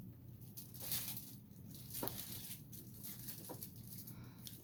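An electrostatic cutting mat for a Cameo 5 cutting machine, meant for cutting 65 lb cardstock, is pushed into the machine's feed. Soft rustling and sliding sounds build to a small, sharp click at 2.1 s as the mat seats in the feed.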